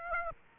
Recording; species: mosquito wingbeat signal from an infrared sensor; Aedes aegypti